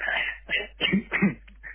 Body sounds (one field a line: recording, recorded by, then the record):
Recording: voluntary cough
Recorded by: telephone call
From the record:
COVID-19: negative